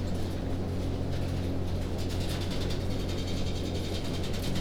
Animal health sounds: poultry house recording; no chicken sound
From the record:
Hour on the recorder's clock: 22

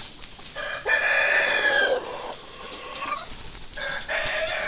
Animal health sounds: poultry house recording; sick chickens (respiratory disease)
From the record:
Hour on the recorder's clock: 19

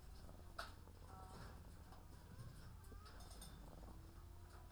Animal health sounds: poultry house recording; sick chickens (respiratory disease)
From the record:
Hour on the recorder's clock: 14

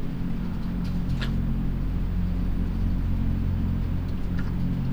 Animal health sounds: poultry house recording; sick chickens (respiratory disease)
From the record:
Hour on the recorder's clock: 3

